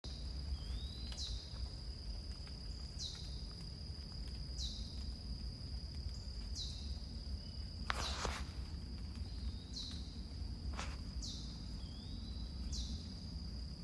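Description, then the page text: Eastern chipmunk giving high, downward-slurred chips at a steady pace, with a constant high hum and low background rumble. Recorded in Maryland. "Eastern Chipmunk by Kurt R. Schwarz via iNaturalist"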